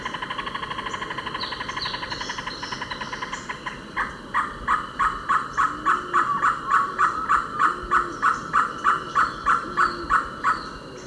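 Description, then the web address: Bamboo Foliage-gleaner calling: a fast, dense run of notes gives way to a steady series of loud, harsh notes, about three each second. Ecuador. "Birds of Ecuador. Bamboo Foliage-gleaner"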